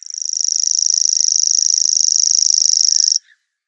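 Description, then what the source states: Common grasshopper warbler song, a very high, insect-like reel of rapid even pulses sustained for about three seconds before stopping abruptly. Song; recorded by Peter Schulze.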